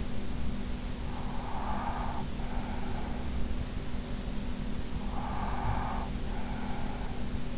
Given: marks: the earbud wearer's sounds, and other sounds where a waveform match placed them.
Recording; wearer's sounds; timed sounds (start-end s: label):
sounds in sleep by an in-ear microphone; breath
1.09-3.48 s: breath
4.94-7.58 s: breath